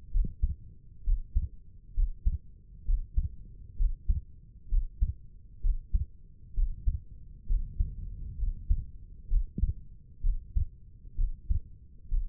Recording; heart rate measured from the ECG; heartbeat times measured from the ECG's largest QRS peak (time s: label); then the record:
heart sounds by stethoscope; 65 bpm
0.10 s: heartbeat
1.03 s: heartbeat
1.93 s: heartbeat
2.84 s: heartbeat
3.76 s: heartbeat
4.68 s: heartbeat
5.60 s: heartbeat
6.53 s: heartbeat
7.46 s: heartbeat
8.37 s: heartbeat
9.27 s: heartbeat
10.20 s: heartbeat
11.15 s: heartbeat
12.08 s: heartbeat
From the record:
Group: healthy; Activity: Valsalva maneuver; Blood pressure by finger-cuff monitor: 113/73 mmHg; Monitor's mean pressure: 84 mmHg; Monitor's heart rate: 65 bpm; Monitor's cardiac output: 4.8 L/min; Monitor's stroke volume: 75 mL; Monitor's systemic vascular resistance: 1240 dyn s/cm5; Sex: female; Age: 22 years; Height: 160 cm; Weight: 45 kg